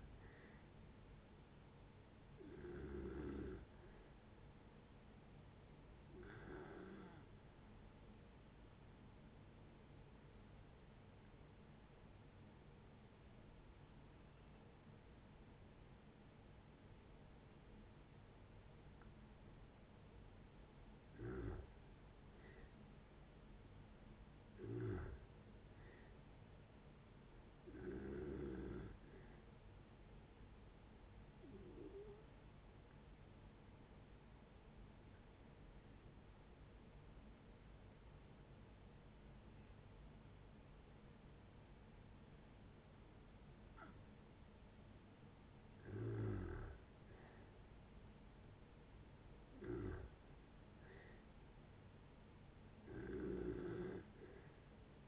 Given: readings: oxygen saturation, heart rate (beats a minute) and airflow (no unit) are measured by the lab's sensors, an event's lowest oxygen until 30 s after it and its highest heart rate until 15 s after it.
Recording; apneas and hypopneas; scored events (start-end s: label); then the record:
breathing in sleep by a voice recorder at the bedside; 2
4.00-22.70 s: hypopnea (N2, oxygen 95% highest, then 87% lowest, heart rate 64 at the start, 74 highest)
30.00-47.30 s: hypopnea (N2, oxygen 95% highest, then 88% lowest, heart rate 71 at the start, 74 highest)
From the record:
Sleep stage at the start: N2 (light sleep); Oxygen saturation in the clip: 87 to 95%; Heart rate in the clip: 60 to 74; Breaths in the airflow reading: 13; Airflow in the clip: -7.8 to 6.4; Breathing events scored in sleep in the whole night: 496 in 5.4 hours asleep